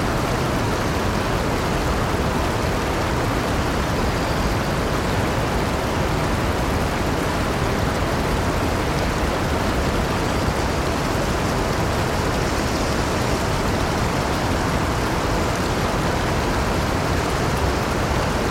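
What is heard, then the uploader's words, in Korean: Water flows in a steady, unbroken rush, dense and even from start to finish, with a full, deep low end under a softer hiss. No separate splashes or other events stand out, and the level holds constant throughout. 조용한 농촌의 시냇물이 부드럽게 흐르며, 그 리듬감 있는 물소리가 마음을 깊은 이완으로 유도합니다.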